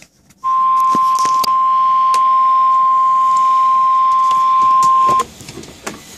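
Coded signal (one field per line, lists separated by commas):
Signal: Emergency Alert System (SAME) tones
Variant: 1050 Hz attention tone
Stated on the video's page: EAS severe thunderstorm alert tones caught on the radio.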